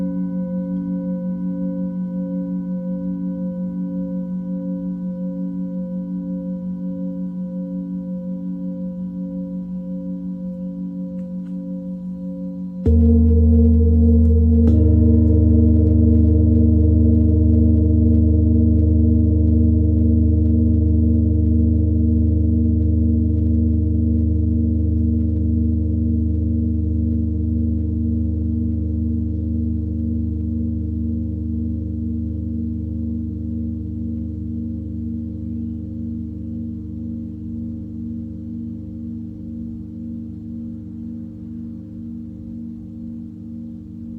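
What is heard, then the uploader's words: A Tibetan singing bowl hums with a slow, steady pulsing ring, then is struck again near thirteen seconds, swelling louder and fading gradually. Tibetan Singiing Bowl のサウンドヒーリングチャンネル LIVE.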